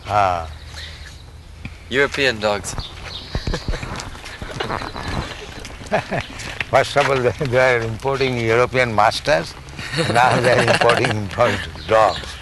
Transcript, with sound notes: Ah.
European dogs.
[laughing] First of all they were importing European masters, and now they are importing dogs.